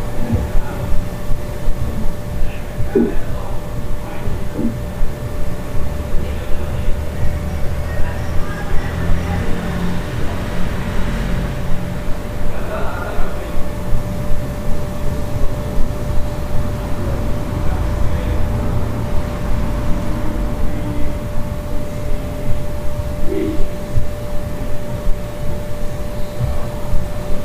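Sounds from a hostel room in Central America: a steady low rumble with a constant tone, faint murmuring voices and occasional brief knocks.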